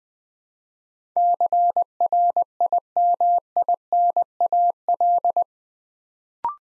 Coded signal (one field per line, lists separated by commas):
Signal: Morse code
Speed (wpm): 21 wpm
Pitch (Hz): 700 Hz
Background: none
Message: CRIMINAL